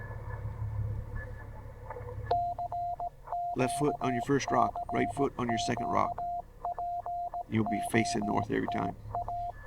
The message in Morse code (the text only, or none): CQ CQ POTA